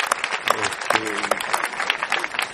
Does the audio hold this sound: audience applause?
yes